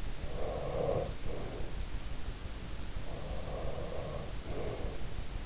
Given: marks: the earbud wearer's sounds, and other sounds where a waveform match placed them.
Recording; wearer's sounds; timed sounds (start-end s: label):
sounds in sleep by an in-ear microphone; breath
0.16-1.82 s: breath
3.02-5.11 s: breath